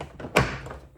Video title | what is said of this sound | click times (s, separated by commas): 48-22-8430 Milwaukee Packout organizer | I really love how they lock into place. | 0.4 s